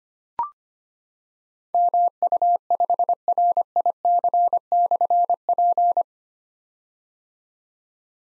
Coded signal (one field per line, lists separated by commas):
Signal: Morse code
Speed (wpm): 25 wpm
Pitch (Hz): 700 Hz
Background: none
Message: MU5RIC/P